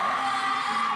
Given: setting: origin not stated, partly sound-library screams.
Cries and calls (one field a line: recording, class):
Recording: one-second piece from a danger detection set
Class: woman in danger